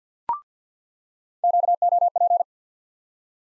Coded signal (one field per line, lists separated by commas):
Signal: Morse code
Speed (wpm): 50 wpm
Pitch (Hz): 700 Hz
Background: none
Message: QOP